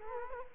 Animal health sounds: mosquito wingbeat signal from an infrared sensor; Culex quinquefasciatus

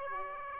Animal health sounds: mosquito wingbeat signal from an infrared sensor; Aedes aegypti

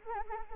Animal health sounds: mosquito wingbeat signal from an infrared sensor; Anopheles arabiensis

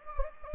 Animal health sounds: mosquito wingbeat signal from an infrared sensor; Anopheles gambiae

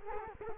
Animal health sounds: mosquito wingbeat signal from an infrared sensor; Culex quinquefasciatus

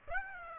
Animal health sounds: mosquito wingbeat signal from an infrared sensor; Aedes aegypti

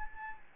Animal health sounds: mosquito wingbeat signal from an infrared sensor; Anopheles gambiae

